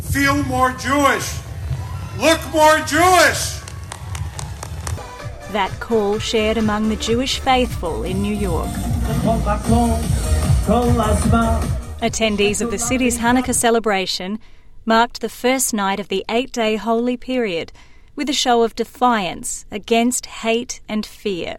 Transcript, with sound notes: feel more Jewish, look more Jewish!" (applause, cheers) That call, shared among the Jewish faithful in New York. Attendees of the city's Hannukah celebration, marked the first night of the 8-day holy period with a show of defiance against hate and fear.